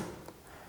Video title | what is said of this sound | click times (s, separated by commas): LED SWIT Lights | and it locks into place | 0.3 s